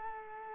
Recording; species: mosquito wingbeat signal from an infrared sensor; Culex quinquefasciatus